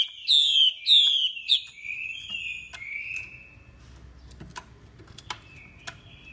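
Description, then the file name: Chinese hwamei delivering two loud downslurred whistles, then fading warbles amid sporadic sharp clicks. Female hwamei calling, a sound used to stimulate male birds. "Tieng chim hoa mi mai kich trong"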